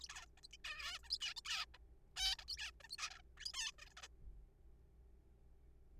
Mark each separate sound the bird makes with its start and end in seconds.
0.00-0.08, 0.09-0.25, 0.38-0.41, 0.44-0.47, 0.53-0.56, 0.65-0.98, 1.03-1.18, 1.21-1.34, 1.36-1.41, 1.45-1.65, 1.74-1.78, 2.16-2.35, 2.39-2.44, 2.48-2.56, 2.58-2.71, 2.80-2.83, 2.84-2.88, 2.90-2.96, 2.98-3.10, 3.11-3.22, 3.38-3.45, 3.46-3.52, 3.54-3.71, 3.79-3.89, 3.90-3.93, 3.97-4.01, 4.03-4.07